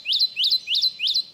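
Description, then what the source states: Kentucky Warbler singing: four quick, ringing rising phrases in even rhythm, with no other sounds. Song described as a ringing 'redeep, redeep'.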